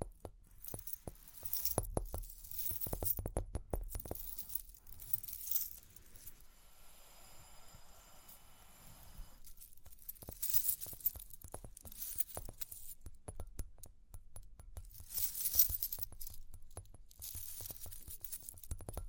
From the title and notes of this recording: ASMR Relaxing Tapping, Scratching, Ear Cleaning with Jingling Sounds (No Talking).